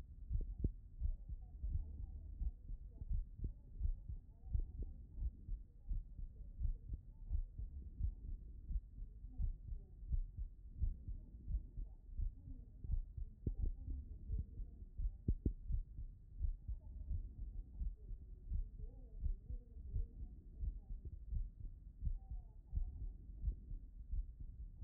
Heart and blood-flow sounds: heart sounds by stethoscope; tricuspid valve (TV)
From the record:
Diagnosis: non-HFrEF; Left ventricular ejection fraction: 63%

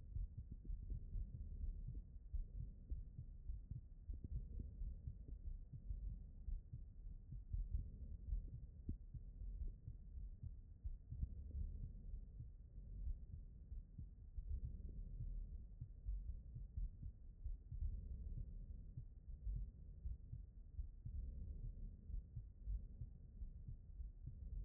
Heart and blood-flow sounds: heart sounds by stethoscope; aortic valve (AV)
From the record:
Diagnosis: non-HFrEF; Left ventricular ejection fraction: 61%

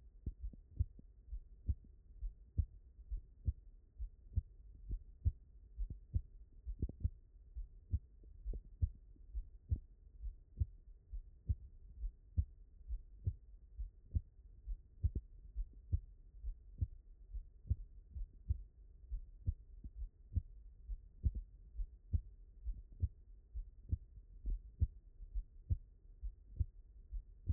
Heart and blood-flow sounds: heart sounds by stethoscope; tricuspid valve (TV)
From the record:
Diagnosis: HFrEF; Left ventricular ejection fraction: 39%

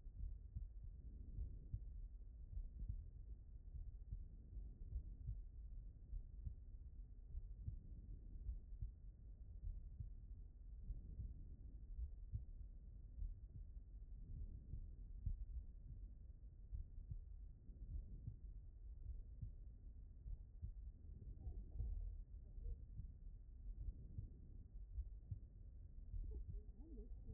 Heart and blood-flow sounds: heart sounds by stethoscope; mitral valve (MV)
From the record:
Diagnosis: non-HFrEF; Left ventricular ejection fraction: 50%

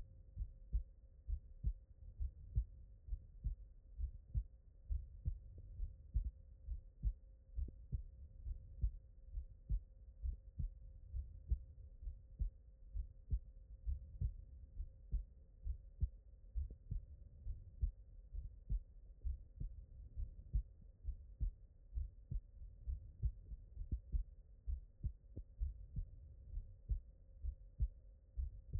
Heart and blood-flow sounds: heart sounds by stethoscope; pulmonary valve (PV)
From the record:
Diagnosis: non-HFrEF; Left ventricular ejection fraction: 62%

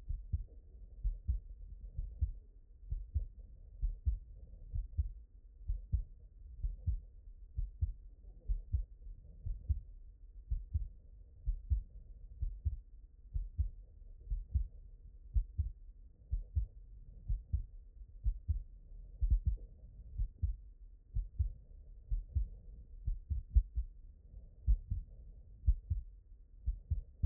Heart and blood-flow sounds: heart sounds by stethoscope; mitral valve (MV)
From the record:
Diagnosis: non-HFrEF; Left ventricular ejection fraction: 56%

